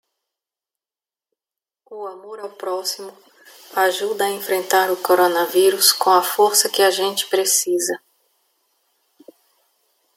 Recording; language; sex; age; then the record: spoken sentence; Brazilian Portuguese; female; 30 to 39 years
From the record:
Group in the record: control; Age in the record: 37 years